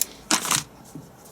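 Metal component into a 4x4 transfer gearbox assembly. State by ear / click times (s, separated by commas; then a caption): not seated / none. A metal component is handled while being fitted into a Land Rover LT230 transfer box, a 4x4 transfer gearbox assembly. A short bright tick opens the clip, followed by a burst of scraping, rustling metal handling around 0.3–0.6 s and a faint knock near 0.95 s. Nothing has seated or clicked into place yet.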